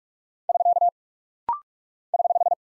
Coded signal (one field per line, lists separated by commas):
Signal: Morse code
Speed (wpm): 46 wpm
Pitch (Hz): 700 Hz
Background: none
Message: <SK> <HH>